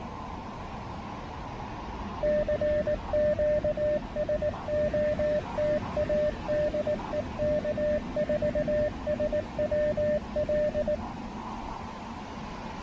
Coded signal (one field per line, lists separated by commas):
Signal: Morse code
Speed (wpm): 18 wpm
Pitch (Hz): 600 Hz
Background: radio noise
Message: CQ SOTA DE K4SWL